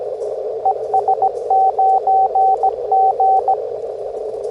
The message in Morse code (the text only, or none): ES9G